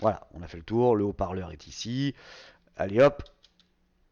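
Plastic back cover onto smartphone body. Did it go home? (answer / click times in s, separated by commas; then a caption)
yes / 3.4 s, 3.6 s. Someone talks, then the plastic back cover is put back onto a Vernee Thor smartphone after the SIM and microSD slots have been shown. Two small clicks are heard at 3.5 s and 3.6 s as the cover clips on with no problem and a clean fit.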